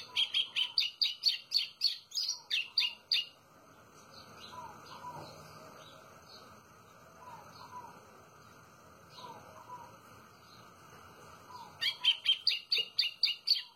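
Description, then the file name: White-throated seedeater singing two rapid strings of sharp high notes, at the start and end, separated by a quieter stretch of faint bird calls. "canto do golinho"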